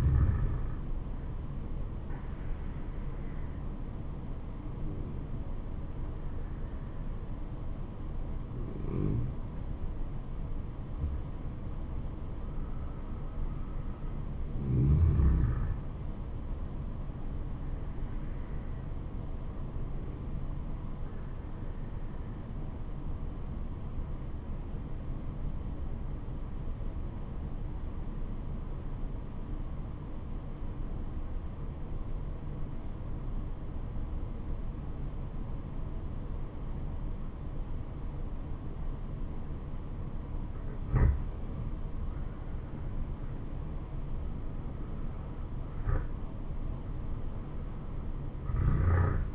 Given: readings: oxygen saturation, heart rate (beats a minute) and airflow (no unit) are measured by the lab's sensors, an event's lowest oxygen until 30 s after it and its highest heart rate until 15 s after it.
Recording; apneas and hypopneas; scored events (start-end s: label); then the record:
breathing in sleep by a smartphone at the bedside; 1
21.00-42.80 s: obstructive apnea (N2, oxygen 95% highest, then 86% lowest, heart rate 71 at the start, 76 highest)
From the record:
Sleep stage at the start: N2 (light sleep); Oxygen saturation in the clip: 89 to 96%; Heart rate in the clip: 68 to 80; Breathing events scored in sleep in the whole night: 426 in 7.4 hours asleep